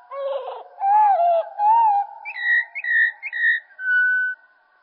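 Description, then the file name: Common blackbird song, slowed: low fluting phrases that rise and fall, then three higher clipped notes and a final level whistle. Slowed down. "Merle Et Merle Au Ralenti Merle noir ralenti"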